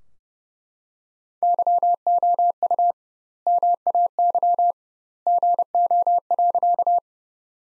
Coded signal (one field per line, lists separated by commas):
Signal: Morse code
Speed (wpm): 30 wpm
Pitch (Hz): 700 Hz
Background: none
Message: YOU MAY GO.